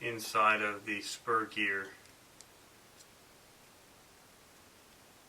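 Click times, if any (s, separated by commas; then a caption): 2.4 s. Someone talks over a greased plastic differential gear on its small shaft being pressed into the inside of the spur gear of an RC truck gearbox (Tamiya Unimog Wheelie). After the speech stops, a single short, sharp click at 2.4 s marks the differential gear snapping into place in the spur gear, and it is seated.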